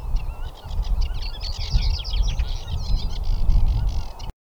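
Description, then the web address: Common linnet singing a fast, continuous twitter of mixed chirps, trills and brief whistles, with heavy low wind rumble underneath. "kneu carduelis cannabina"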